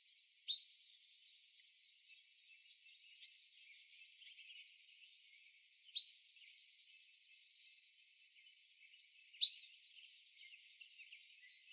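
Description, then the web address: Golden-crowned kinglet song, extremely high thin notes rising in a long series of tsee notes, then a short fragment and, after a pause, a second series. Recorded in Arizona on 3 November 2005. "Wrens Kinglets Gnatcatchers GCKI 051103. deviche"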